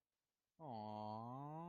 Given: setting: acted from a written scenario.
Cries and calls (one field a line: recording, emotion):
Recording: vocal sound without words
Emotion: adoration